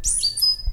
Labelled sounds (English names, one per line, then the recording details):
Stitchbird song
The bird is a male
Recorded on Tiritiri Matangi Island, New Zealand, in 2005
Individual 11, of nest box 13